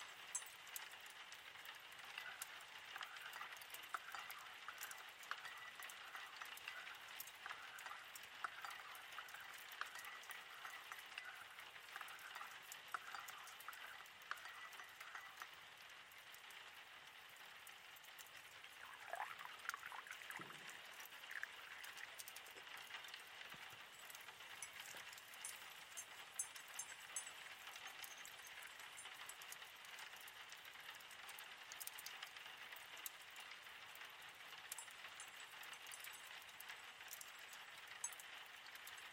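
Steady rain patters outside on a rainy night, a dense, even hiss of small drops in the upper-middle range that holds for the whole stretch. Around twenty seconds a brief sweeping sound passes, dipping low, then the soft constant patter carries on.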